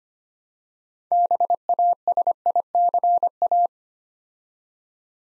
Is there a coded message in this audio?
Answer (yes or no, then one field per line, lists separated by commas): yes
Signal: Morse code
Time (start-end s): 1.1-3.7 s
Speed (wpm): 25 wpm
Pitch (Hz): 700 Hz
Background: none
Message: BASICA